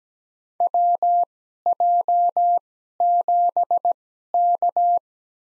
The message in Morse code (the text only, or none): WJ7K